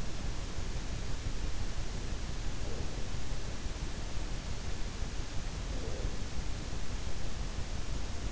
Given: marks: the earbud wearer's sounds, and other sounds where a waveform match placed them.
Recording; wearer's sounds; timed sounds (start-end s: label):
sounds in sleep by an in-ear microphone; breath
2.27-3.27 s: breath
5.50-6.47 s: breath